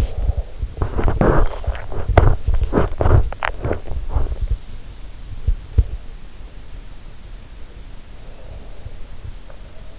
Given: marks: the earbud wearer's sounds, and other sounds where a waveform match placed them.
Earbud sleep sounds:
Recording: sounds in sleep by an in-ear microphone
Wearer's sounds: breath, body movement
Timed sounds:
0.00-0.48 s: breath
0.77-6.07 s: body movement
1.51-1.94 s: breath
7.79-9.99 s: breath

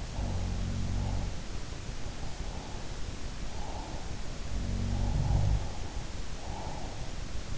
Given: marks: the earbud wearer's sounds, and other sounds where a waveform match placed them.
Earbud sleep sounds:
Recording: sounds in sleep by an in-ear microphone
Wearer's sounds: breath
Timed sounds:
0.04-1.34 s: sound from someone else or the room
0.05-1.34 s: breath
2.23-4.20 s: breath
4.38-7.20 s: sound from someone else or the room
5.08-7.20 s: breath

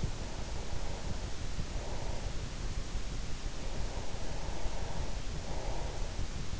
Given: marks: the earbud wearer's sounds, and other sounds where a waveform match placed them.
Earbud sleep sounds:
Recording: sounds in sleep by an in-ear microphone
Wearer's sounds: breath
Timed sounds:
0.00-2.59 s: breath
3.31-6.23 s: breath

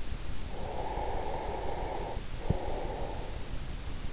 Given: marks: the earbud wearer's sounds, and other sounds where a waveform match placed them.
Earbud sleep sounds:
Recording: sounds in sleep by an in-ear microphone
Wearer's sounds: breath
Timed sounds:
0.51-3.59 s: breath

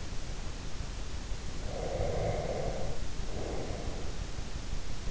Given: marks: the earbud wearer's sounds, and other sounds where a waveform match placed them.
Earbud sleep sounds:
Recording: sounds in sleep by an in-ear microphone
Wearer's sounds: breath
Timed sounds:
1.60-4.22 s: breath

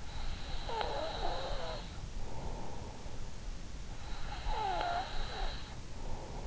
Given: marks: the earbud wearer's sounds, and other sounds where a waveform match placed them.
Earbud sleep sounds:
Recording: sounds in sleep by an in-ear microphone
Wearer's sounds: breath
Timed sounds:
0.22-2.91 s: breath
3.88-6.23 s: breath

